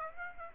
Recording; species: mosquito wingbeat signal from an infrared sensor; Aedes aegypti